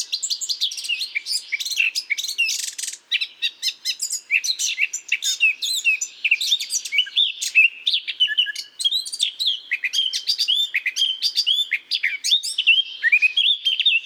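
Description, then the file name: Eurasian blackcap singing a long, dense warble of twittering, scratchy and whistled notes that runs on without a break. "Sylvia atricapilla"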